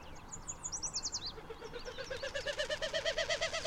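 Bird song: quick high descending chirps, then harmonic notes repeated about three times a second, getting louder toward the end.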